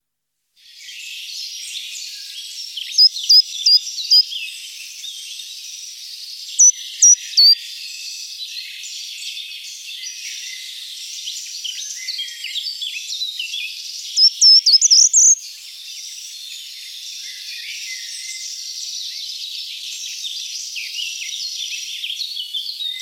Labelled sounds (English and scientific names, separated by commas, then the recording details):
Short-toed Treecreeper (Certhia brachydactyla) song
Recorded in the wild
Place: Merdingen bis Ihringen / Kaiserstuhl, Baden-Württemberg, DE
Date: 1980-03-30
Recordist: Schwarz, Dieter